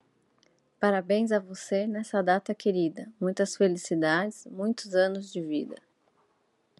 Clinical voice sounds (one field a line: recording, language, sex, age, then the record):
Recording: short text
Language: Brazilian Portuguese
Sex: female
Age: 40 to 49 years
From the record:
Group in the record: control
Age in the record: 48 years